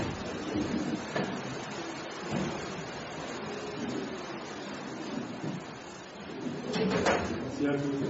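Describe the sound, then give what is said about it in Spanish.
A door is pushed shut with a brief scraping thud near the end, over a steady hiss of heavy rain and murmuring voices, in La Paz, while rainwater splashes in through the doorway. “Si sienten mucho frío, pueden cerrar y si quieren un poco la puerta, porque el agua está salpicando para adentro.”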